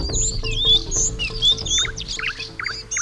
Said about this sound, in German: Wie schön sie zwitschern, die Vögel. Jetzt möchte ich am liebsten mitten in einer Baumkrone in einem Baumhaus sitzen und ihnen zuhören.